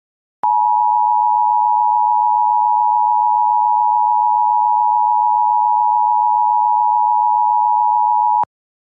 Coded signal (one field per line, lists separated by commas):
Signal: Emergency Alert System (SAME) tones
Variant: 853 and 960 Hz attention tone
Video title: EAS Mock: North Dakota Silver Alert.